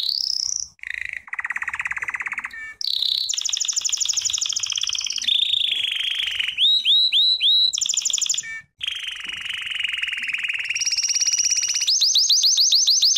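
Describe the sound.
American Singer canary singing a varied song of rolling trills at changing pitches, with a cluster of looping whistled notes and rapid high chips near the end.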